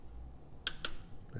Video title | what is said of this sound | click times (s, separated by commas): How to change #toyota #corolla #GR #manual #transmission #fluid @toyotausa @ToyotaCorollaFanboy | we're waiting for the click | 0.7 s